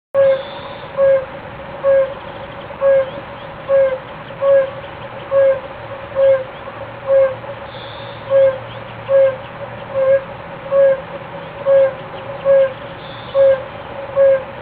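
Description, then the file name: Fire-bellied toad calls: soft, low, hollow notes repeated steadily a little over once per second throughout. "unke"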